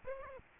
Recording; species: mosquito wingbeat signal from an infrared sensor; Aedes aegypti